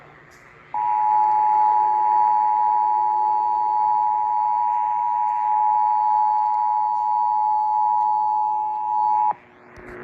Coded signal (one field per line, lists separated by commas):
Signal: Emergency Alert System (SAME) tones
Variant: 853 and 960 Hz attention tone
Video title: EAS #182 Severe Thunderstorm Warning On WBAP-AM